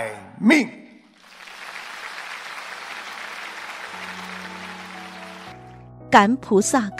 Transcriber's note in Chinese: 掌声